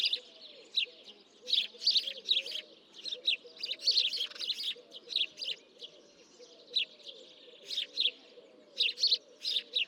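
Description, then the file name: House sparrows chirping in bursts of sharp tweets, with softer, lower curving sounds running through the background. "Passer domesticus"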